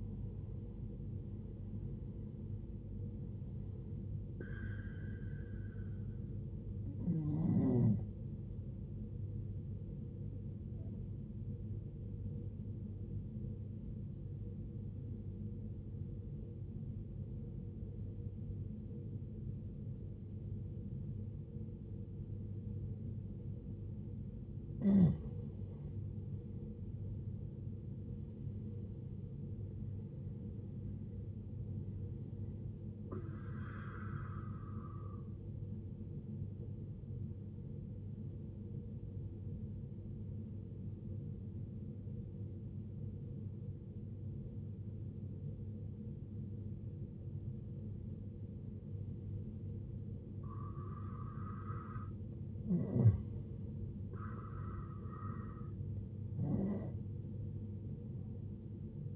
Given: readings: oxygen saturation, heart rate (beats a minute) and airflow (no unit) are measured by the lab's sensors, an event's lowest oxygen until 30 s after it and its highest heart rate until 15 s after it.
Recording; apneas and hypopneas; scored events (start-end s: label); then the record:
breathing in sleep by a smartphone at the bedside; 2
1.00-59.16 s: new sleep stage, N1 (lightest sleep)
16.00-27.50 s: obstructive apnea (N1, oxygen 92% highest, then 90% lowest, heart rate 64 at the start, 71 highest)
37.00-50.90 s: obstructive apnea (N1, oxygen 93% highest, then 90% lowest, heart rate 66 at the start, 72 highest)
From the record:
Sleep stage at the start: N2 (light sleep); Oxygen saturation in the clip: 81 to 95%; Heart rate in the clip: 56 to 76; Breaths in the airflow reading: 8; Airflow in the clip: -10.9 to 14.7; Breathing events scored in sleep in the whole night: 389 in 6.3 hours asleep